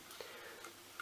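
A manual multiple filter wheel's carousel is rotated by hand inside its housing, with only a low, steady background before a short, sharp tick at 1.0 s. The tick is the carousel dropping into a detent, so the filter wheel clicks and seats into position with a nice clicking action.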